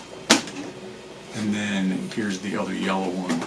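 A color-coded plastic filament spool is pushed onto the spool holder of an A1 Combo's multi-material unit and snaps into place with a single sharp click at 0.3 s, leaving it seated. Someone then talks for the rest of the clip.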